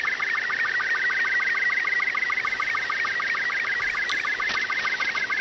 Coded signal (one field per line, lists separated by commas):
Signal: SSTV (slow-scan television)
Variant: Robot 36